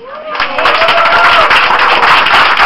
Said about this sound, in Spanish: Gloria sea su nombre en esta noche. Bueno, el que lo cree, aplauda.